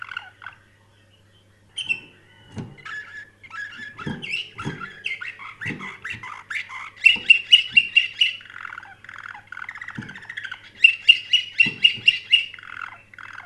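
Canary singing: rambling warbles build into quick, rattling high trills around the middle and again near the end, over a faint steady hum with occasional thuds.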